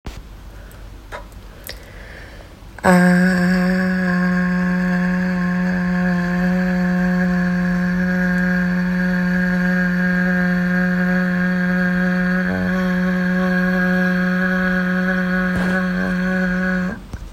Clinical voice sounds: sustained vowel /a/; female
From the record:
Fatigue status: no fatigue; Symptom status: symptomatic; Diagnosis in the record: COVID-19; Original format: m4a

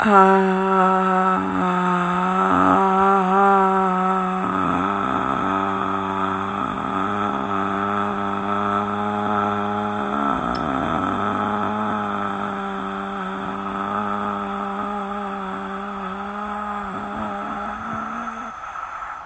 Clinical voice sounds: sustained vowel /a/; female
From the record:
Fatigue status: no fatigue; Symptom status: symptomatic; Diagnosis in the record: COVID-19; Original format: m4a

